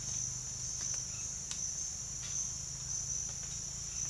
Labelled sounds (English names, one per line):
none